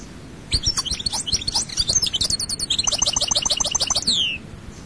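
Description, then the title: European goldfinch song: a steady stream of liquid twittering and quick trilled notes, closing with a falling slurred note. "Chant Chardonneret"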